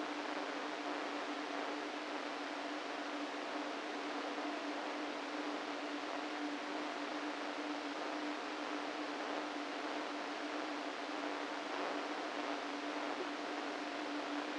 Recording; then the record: brain microelectrode recording played as sound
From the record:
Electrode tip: inside the subthalamic nucleus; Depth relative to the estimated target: 1 mm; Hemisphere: right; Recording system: NeuroSet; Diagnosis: Parkinson's disease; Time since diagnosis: 13 years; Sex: male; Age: 49 years